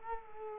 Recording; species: mosquito wingbeat signal from an infrared sensor; Culex quinquefasciatus